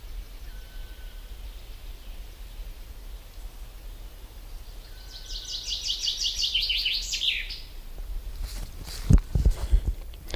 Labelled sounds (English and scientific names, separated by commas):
Common Chaffinch (Fringilla coelebs) song